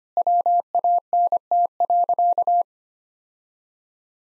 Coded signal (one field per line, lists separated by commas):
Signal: Morse code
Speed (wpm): 25 wpm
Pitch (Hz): 700 Hz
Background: none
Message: WANT.